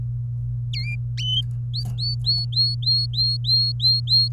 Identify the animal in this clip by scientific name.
Serinus canaria